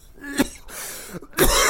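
Adult man. Harsh coughing right after taking a big bong hit of cannabis smoke, his first time smoking; the cough hurts.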